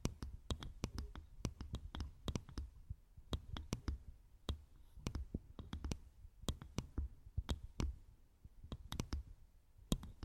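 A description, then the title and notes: Gentle ASMR triggers made of crisp taps and clicks, arriving in quick uneven clusters a few times each second with brief pauses between. A soft, steady low thump or rumble sits underneath throughout, and the clicks stay bright and sharp. Gentle Triggers For Sleep and Tingles (No Talking). ASMR Gentle Triggers.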